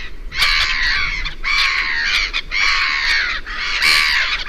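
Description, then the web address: Black-headed gull with four long, rasping cries, each nearly a second, separated by brief pauses. "chant xeno-canto mouette rieuse"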